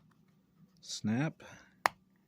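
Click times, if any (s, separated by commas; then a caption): 1.9 s. A plastic snap-fit clip of a key fob shell releases with a sharp snap at 1.9 seconds as the shell is pried further apart, opening a second clip. Someone talks just before it.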